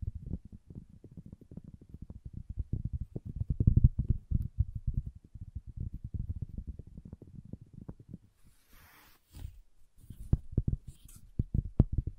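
Wooden triggers tap and knock in dense, low, hollow clusters for eight seconds, then a brief soft hiss and sparser sharper taps follow.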